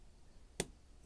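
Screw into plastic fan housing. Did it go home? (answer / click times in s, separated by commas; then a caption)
yes / 0.6 s. A screw is turned backwards in the plastic housing of a Lasko Ultra WeatherShield box fan until it drops into the previously cut threads, so the old threads can be reused instead of cross threading. A single sharp, broadband tick is heard at 0.6 s against a quiet background, and the screw is seated in the old threads.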